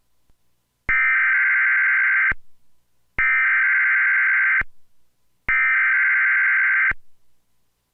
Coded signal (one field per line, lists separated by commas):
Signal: Emergency Alert System (SAME) tones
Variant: header bursts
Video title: EAS Mock: Severe Thunderstorms in Station Square and Mobius City